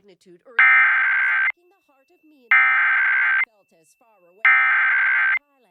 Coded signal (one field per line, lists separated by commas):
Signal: Emergency Alert System (SAME) tones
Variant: header bursts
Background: speech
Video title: EAS #1072: EAS Child Abduction Emergency- Mar. 28, 2025- 5:31PM PDT